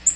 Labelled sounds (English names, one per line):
Black-throated Green Warbler flight call